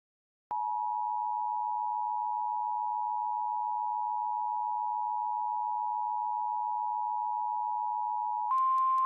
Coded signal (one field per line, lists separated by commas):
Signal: Emergency Alert System (SAME) tones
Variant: 853 and 960 Hz attention tone